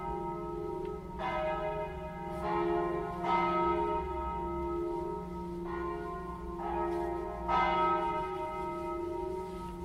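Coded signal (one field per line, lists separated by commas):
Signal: bell signal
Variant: battiore and plenum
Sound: several church bells struck in overlapping succession, with long ringing hum between strikes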